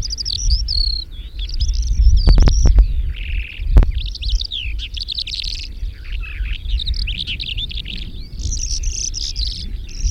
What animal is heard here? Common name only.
Calandra Lark